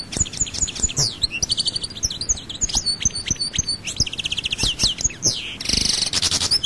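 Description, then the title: European goldfinch song, a fast twittering run of high tinkling notes, trills and buzzy rattles packed closely together, ending in a dense rattling burst. "Chant Chardonneret"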